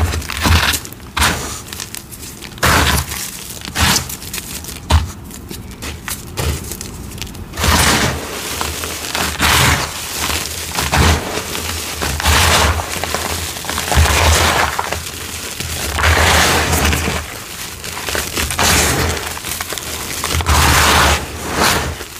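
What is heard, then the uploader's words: Gym chalk is crumbled and crushed, with dense, crispy crunches and powdery breaking sounds. The crackling is bright and busy, coming in bursts that grow fuller and more frequent after the first several seconds, over a faint low hum. ORANGE Citric Acid Dyed Chalk Series. Crispy, crunchy, powdery gym chalk crumbling asmr.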